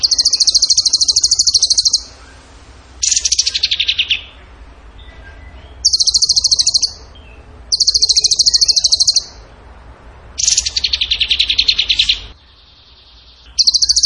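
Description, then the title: Bird song of repeated high, rapid trilled bursts, several level and some falling, alternating with brief pauses. Masteran training song for birds in the tembakan gacor style. "Masteran Burung Tembakan Gacor"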